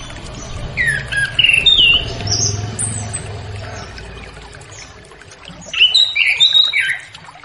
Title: Anis Kembang Ngeplong Santai , Untuk Pancingan Anis Kembang Lepas Trotol